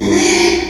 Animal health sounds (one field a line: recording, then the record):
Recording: squeal of a Yucatan mini pig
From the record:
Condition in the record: after surgery on the right vocal fold (resection and tissue-engineered implant)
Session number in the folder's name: 2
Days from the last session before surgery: 13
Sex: male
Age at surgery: 12 weeks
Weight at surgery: 13 kg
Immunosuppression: cyclosporine, prednisolone